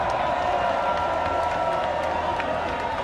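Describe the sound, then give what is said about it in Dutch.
A crowd of students cheers and applauds at the opening party of an introduction week in Delft, in a steady, dense wash of noise, with scattered whoops and claps rising above a constant roar of voices for a few seconds. “We hoorden net al iedereen juichen.”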